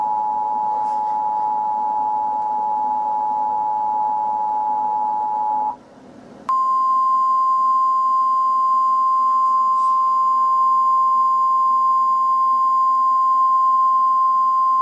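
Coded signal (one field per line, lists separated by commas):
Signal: Emergency Alert System (SAME) tones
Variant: 853 and 960 Hz attention tone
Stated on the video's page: Fictional EAS scenario.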